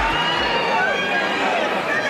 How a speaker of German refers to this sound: Und so ein paar Fans gekreischt.